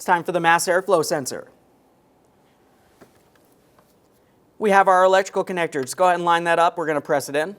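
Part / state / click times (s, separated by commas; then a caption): electrical connector into mass air flow sensor / not seated / none. An electrical connector is lined up and pressed toward the plastic mass air flow sensor socket on a 2008-2017 Mitsubishi Lancer 2.4L L4. Someone talks, then during a quiet stretch faint handling taps are heard around 3.0, 3.4 and 3.8 seconds before the talking resumes. Nothing has seated or clicked yet.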